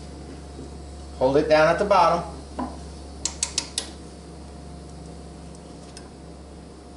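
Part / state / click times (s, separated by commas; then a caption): torque wrench on lawn mower blade bolt / torque reached / 3.2 s. A click-type torque wrench set to 480 inch-pounds tightens the blade bolt on a Honda HRX217VKA lawn mower while someone talks. The wrench reaches its setting and the handle gives a sharp click at 3.3 s, followed by a quick run of similar clicks, confirming the bolt is torqued to 480 inch-pounds.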